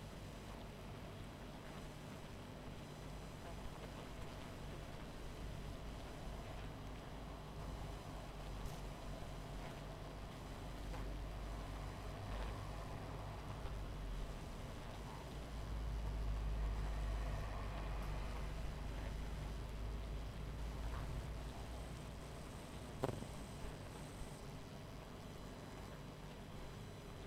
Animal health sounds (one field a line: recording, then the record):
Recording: honeybee colony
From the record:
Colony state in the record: missing queen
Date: 14 July 2017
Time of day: 20:46